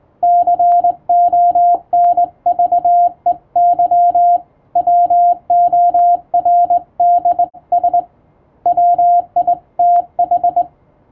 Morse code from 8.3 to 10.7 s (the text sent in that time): WITH